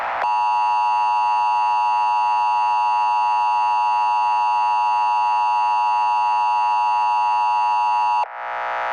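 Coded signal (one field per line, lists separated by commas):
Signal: Emergency Alert System (SAME) tones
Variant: 853 and 960 Hz attention tone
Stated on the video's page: Fictional EAS scenario, not a real alert.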